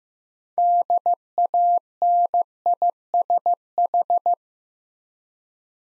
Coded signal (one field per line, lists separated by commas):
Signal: Morse code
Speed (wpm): 15 wpm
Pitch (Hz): 700 Hz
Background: none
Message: DANISH